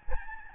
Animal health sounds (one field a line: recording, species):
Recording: mosquito wingbeat signal from an infrared sensor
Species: Aedes albopictus